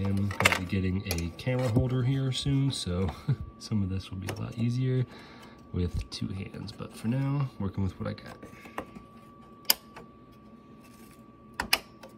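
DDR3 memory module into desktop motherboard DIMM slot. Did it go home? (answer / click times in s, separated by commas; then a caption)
yes / 9.7 s, 11.7 s. Someone talks while a second DDR3 memory module is worked in around a cable and pressed into a DIMM slot on a Dell OptiPlex 790 desktop motherboard. Sharp clicks of the slot clips land at 9.7 s and 11.7 s, and the module is seated.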